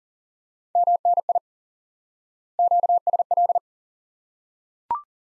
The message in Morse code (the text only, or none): MNI QSL